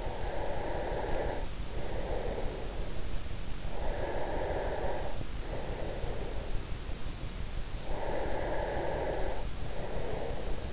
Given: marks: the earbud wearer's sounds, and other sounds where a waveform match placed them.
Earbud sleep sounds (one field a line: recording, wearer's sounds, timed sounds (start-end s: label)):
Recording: sounds in sleep by an in-ear microphone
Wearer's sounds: breath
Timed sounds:
0.00-3.29 s: breath
3.87-6.65 s: breath
7.72-10.73 s: breath